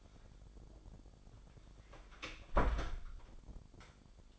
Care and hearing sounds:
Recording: daily activity, microphone in the room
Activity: close door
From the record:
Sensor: 5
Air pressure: 1007.2 hPa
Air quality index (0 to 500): 171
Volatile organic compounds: 4 ppm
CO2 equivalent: 1634 ppm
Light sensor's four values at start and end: 55/155/60/60 and 55/156/61/61

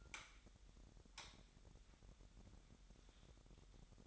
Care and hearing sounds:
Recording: daily activity, microphone in the room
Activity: light on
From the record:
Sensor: 3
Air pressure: 1011.9 hPa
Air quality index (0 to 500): 228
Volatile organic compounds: 4 ppm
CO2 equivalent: 1697 ppm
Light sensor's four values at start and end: 13/31/13/13 and 15/39/16/16

